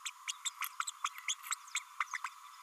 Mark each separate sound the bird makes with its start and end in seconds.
0.05-0.10, 0.28-0.32, 0.45-0.49, 0.61-0.68, 1.04-1.08, 1.28-1.34, 1.75-1.79, 2.00-2.04, 2.13-2.17, 2.24-2.29